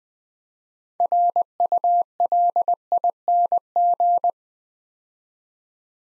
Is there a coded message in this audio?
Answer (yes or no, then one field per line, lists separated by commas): yes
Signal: Morse code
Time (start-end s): 1.0-4.3 s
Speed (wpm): 20 wpm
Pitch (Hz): 700 Hz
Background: none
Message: RULING